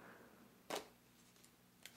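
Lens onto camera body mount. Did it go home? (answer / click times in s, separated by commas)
no / none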